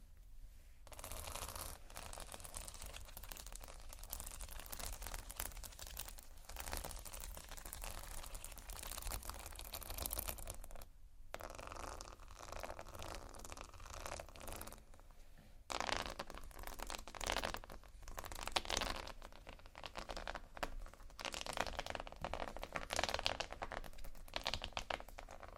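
Slow scratching and tapping on textured surfaces, dense crackly strokes with brief pauses near 11 and 15 seconds, growing louder afterward.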